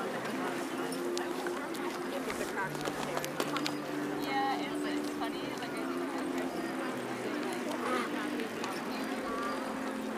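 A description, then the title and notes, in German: Hundreds of people go about their activities on a wide open park in Berlin, a steady, dense murmur of voices. Low held tones hum beneath, with scattered clicks, taps and a few bright chirps or quacks around the middle. Diese Folge wurde auf der Tempelhofer Freiheit in Berlin aufgenommen. Hunderte Menschen gehen ihren Beschäftigungen nach. Vorbeiziehende spazierende Menschen geben kurze Gesprächsfetzen.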